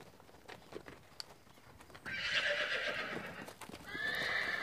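Horse whinnying in two noisy bursts, the first rough and broad, the second a steadier high neigh near the end, after soft clicking hoofbeats.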